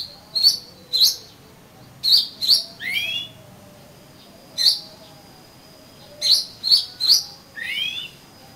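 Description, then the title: Oriental magpie-robin: bright chip notes followed by a downward-swooping whistle, the sequence given twice, over a faint steady high tone. "Kacer Kacer"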